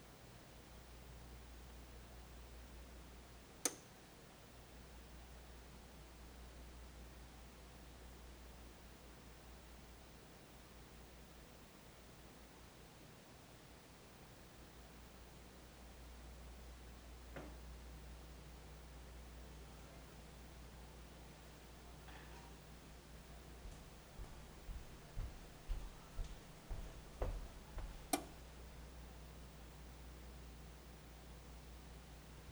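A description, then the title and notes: A steady low hum runs throughout while a frozen pizza cooks, broken by sharp clicks near 4, 17 and 28 seconds and quick taps around 25. Cooking a Frozen Pizza. In this episode Parker cooks a frozen pizza (amongst other background activity).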